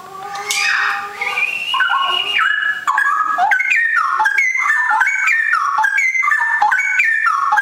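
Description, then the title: Oriental magpie-robin song: a continuous, rich run of clear whistles, jumping between higher and lower notes in quick, varied, repeated phrases. "Kicau Kacer"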